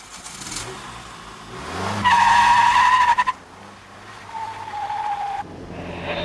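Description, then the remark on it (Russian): A car engine revs and the tires squeal in a loud, high-pitched skid for about a second, then the car speeds away, its engine rising again with a fainter squeal. “слушай, теперь ты поведешь машину, я устала.”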